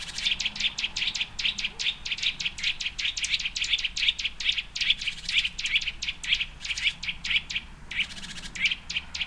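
Birds chirping, rapid high chirps repeated several times a second, some buzzier notes near the end.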